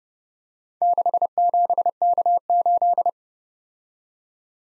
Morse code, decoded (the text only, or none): 67K8